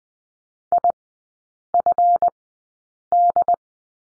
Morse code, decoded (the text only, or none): IFD